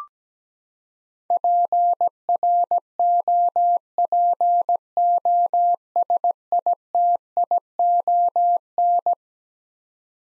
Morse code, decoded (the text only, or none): PROPOSITION